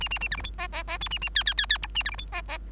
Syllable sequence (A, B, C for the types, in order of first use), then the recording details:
A A A B C D E E E F A A G G G G H A B C D E E. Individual Bird3